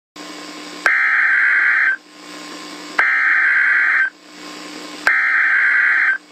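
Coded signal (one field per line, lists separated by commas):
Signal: Emergency Alert System (SAME) tones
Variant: header bursts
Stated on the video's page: Fictional EAS scenario, not a real alert.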